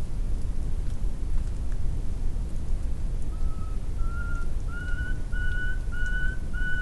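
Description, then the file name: Common nightingale song phrase: a series of pure, slow whistled notes that begin softly and grow steadily louder, each slightly higher, with low background rumble. "Luscinia megarhynchos"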